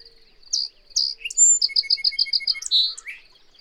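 Bird singing a short phrase of two bright whistles followed by a rapid run of even notes and a closing buzzy flourish, over a faint continuous high pulsing.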